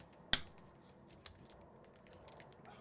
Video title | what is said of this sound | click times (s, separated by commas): SCX10-3 Live Build | do you hear that click though? That click. | 0.3 s